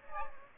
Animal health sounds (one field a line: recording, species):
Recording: mosquito wingbeat signal from an infrared sensor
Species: Aedes aegypti